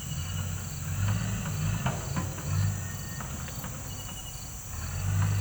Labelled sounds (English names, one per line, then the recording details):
none
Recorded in pastures near Puerto Asís, Putumayo, Colombia, on 20 December 2024 at 18:00
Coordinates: 0.472, -76.329
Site G072